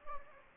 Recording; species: mosquito wingbeat signal from an infrared sensor; Anopheles gambiae